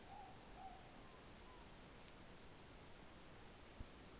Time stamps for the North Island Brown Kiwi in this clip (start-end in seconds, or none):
none